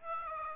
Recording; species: mosquito wingbeat signal from an infrared sensor; Aedes aegypti